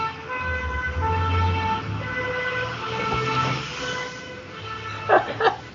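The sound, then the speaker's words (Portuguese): A fire truck's loud, steady horn blares with a deep rumbling engine beneath it, holding its pitch for several seconds before two short sharp barks break through near the end. “tocou o carro do bombeiro.”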